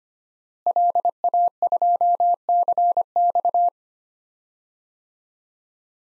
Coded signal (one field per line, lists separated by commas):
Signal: Morse code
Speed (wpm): 25 wpm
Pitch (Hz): 700 Hz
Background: none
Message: LA2CX